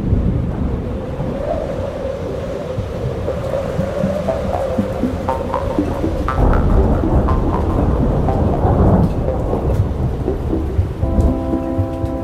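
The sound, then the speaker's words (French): Heavy storm rain pours down in a steady, loud roar over the market square of Vaison-la-Romaine, France, after a violent wind, with deep rumbling and brief clattering bursts on top; near the end a faint sustained tone hums beneath the downpour. No one speaks. “Quelques instants plus tard, c'est la pluie qui s'invite et la grande place vide.”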